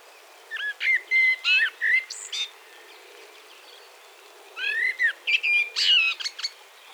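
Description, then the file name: Common blackbird song of two phrases: mellow whistles and sliding fluty notes mixed with high squeaky twittering, separated by a quiet pause. "Turdus merula"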